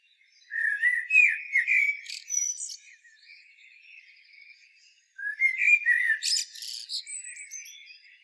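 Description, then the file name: Common blackbird singing two mellow whistled phrases, each warbling low then breaking into high, scratchy twitters. "Turdus merula"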